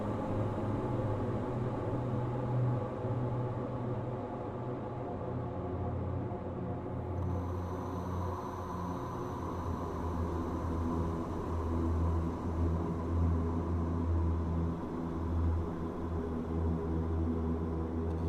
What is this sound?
humming and waves in a creepy cave